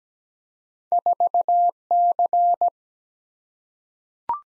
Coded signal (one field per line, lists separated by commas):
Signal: Morse code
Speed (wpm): 17 wpm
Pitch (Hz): 700 Hz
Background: none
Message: 4C